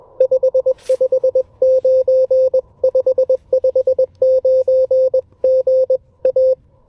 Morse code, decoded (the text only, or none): 559 559 GA